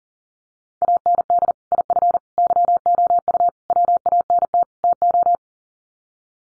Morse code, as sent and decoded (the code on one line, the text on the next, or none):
.- -. -.. / .. ..-. / -.-- --- ..- / .-- .- -. - / - ---
AND IF YOU WANT TO